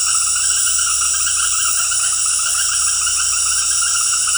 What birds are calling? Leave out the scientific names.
none